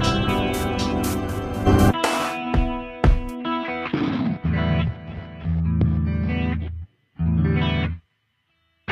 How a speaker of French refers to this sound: Non, non, non, on prend la reverb, il y a de la reverb là. Qu'est-ce que c'est ce bordel là? On va faire, j'ai compris. Qu'est-ce qui se passe? On est à plein reverb sur le preset, il y en a encore.